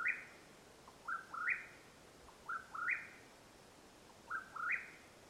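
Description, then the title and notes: Mexican whip-poor-will, four stepped whistled calls in a row, each climbing to a slightly rough high note, in a quiet setting. Mexican Whip-poor-will call at nightfall, Madera Canyon, Arizona, USA, 21 April 2022. "The call of the Mexican Whip-poor-will at nightfall in Madera Canyon, AZ. Recorded April, 21 2022."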